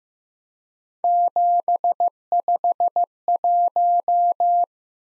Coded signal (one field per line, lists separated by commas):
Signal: Morse code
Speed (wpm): 15 wpm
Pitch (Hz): 700 Hz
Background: none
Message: 751